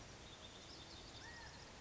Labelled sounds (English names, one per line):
California Quail